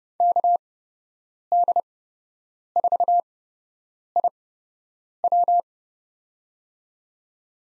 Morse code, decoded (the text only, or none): KD4IW